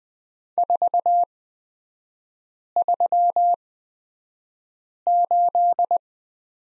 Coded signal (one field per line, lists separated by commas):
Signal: Morse code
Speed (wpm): 20 wpm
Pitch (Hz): 700 Hz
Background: none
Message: 438